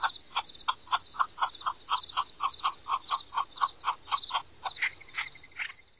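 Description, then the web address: Chukar clucking call, a long series of even chuck notes in rapid succession, steady and slightly fading toward the end. "Songs of Birds of North America Stokes. Chukar"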